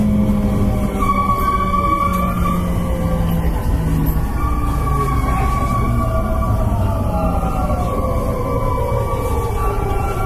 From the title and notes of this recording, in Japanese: JR西日本223系 JR神戸線快速 神戸から大阪まで。JR西日本223系電車の走行音です。JR神戸線の快速列車で録音しました。